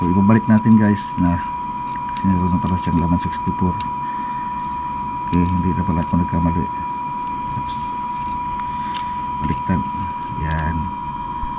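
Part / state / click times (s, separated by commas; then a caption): microSD memory card into dash camera card slot / not seated / none. A 64GB microSD memory card is found upside down, flipped over and lined up with the card slot of a CIEVIE D100 dual dash camera, with no click heard and nothing seated yet. Someone talks throughout over a steady hum.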